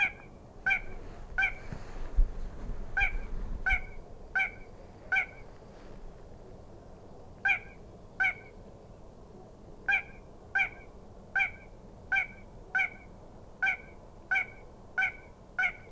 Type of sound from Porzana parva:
song